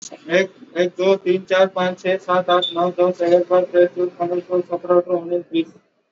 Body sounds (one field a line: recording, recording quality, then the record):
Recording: counting at a fast pace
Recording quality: moderate, slight background noise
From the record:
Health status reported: exposed to COVID-19, no respiratory illness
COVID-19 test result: not tested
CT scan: not taken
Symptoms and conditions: cough, cold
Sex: male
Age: 24 years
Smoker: no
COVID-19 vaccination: both doses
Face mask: worn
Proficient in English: yes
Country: India